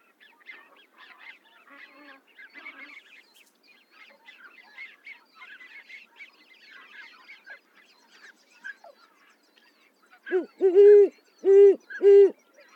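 Owl hooting: after about ten seconds of soft twittering, a few loud, low hoots come in quick succession.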